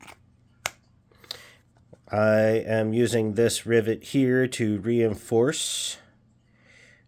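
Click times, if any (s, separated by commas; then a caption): 0.7 s. A Buck 113 Ranger fixed-blade knife is pushed into a leather sheath wet-molded to the knife, which grips the brass bolster, and snaps in with a sharp, loud click at 0.7 s. A few fainter ticks follow around 1.2–1.9 s, then someone talks from about 2.1 s to 5.8 s. The knife is seated in the sheath.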